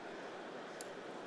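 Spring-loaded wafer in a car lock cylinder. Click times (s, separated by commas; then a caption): 0.8 s. An HU66 decoding tool is worked inside a car door lock cylinder, pushing its spring-loaded wafers, with steady broadband hiss throughout. A short, bright click is heard at 0.8 s as a wafer sets into position.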